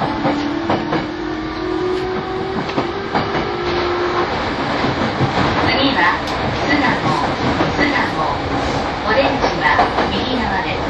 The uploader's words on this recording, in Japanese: E231系 山手線外回り01 東京～東京。2010年代当時山手線で主力車両だった、E231系山手線外回りを収録したものです。走行音。